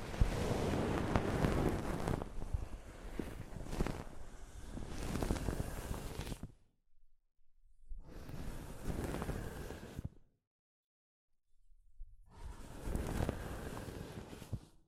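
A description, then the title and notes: Soft fabric brushes against a microphone in rough, rustling passes. A long stretch of scraping runs to about six seconds, then comes a gap of silence, a shorter burst from eight to ten seconds, another silence, and a final pass from twelve seconds. The sound is dense and rumbly underneath, with brighter swishes on top. ASMR Mic Brushing using Soft Fabric (No Talking).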